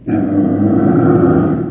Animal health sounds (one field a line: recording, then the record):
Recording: squeal of a Yucatan mini pig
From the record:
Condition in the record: after surgery on the right vocal fold (resection and tissue-engineered implant)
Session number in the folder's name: 3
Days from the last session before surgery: 21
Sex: female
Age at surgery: 19 weeks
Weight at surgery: 25 kg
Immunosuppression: prednisolone